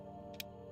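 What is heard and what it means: The two halves of a new replacement extruder/hotend part for a Creality K1 3D printer are snapped together over steady background music. A sharp click sounds at 0.4 s, and the part is seated with a firmer, harder click than the old one.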